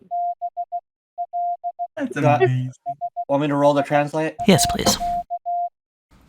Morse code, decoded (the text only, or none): BLISS.